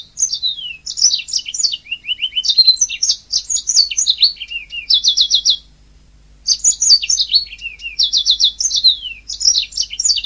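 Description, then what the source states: Oriental magpie-robin delivering a long, varied song of clear whistles, rapid repeated notes and descending slurs, with one short pause midway. Kacer song.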